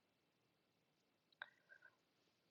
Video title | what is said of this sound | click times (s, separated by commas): TPU Video Assembly | And so this basically just snaps into place | 1.4 s